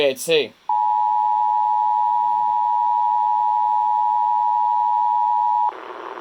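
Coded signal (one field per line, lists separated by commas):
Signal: Emergency Alert System (SAME) tones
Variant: 853 and 960 Hz attention tone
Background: speech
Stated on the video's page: Required weekly test tones received on an ARC FR-370 radio.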